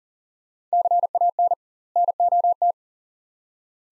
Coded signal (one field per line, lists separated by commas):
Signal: Morse code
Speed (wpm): 37 wpm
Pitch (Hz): 700 Hz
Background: none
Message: CAN NOT